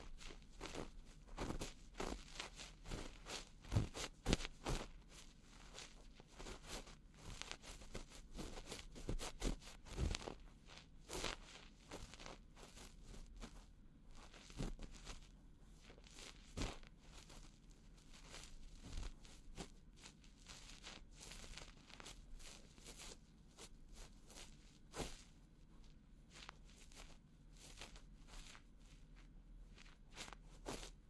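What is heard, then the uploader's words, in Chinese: Ear massage with fingers and a fluffy ear-cleaning tool, made of crinkly, scratchy rubbing and sharp little taps. The sounds come in irregular bursts, busiest in the first dozen seconds, over a faint low hum. 手指掏耳．梵天．凡士林按摩 | EarMassage | NO Talking。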